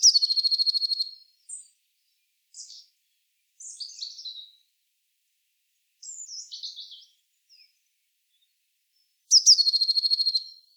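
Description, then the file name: Eurasian blue tit calls open and close with a quick, high chattering trill, separated by short thin descending notes and scattered chips. "Cyanistes caeruleus"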